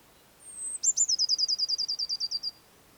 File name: Cyanistes caeruleus